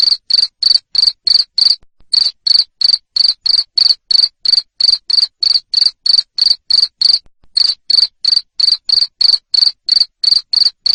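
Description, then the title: Cricket producing strong, high chirps about three a second, with a pair of brief silences breaking the rhythm. Loud cricket chirping used to stimulate lovebirds to sing continuously. "Suara JANGKRIK NGERIK Keras Bikin LOVEBIRD Jadi NGEKEK Terus Vubey"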